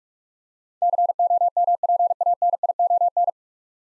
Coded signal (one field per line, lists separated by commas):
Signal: Morse code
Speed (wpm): 46 wpm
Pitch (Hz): 700 Hz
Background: none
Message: COMPANION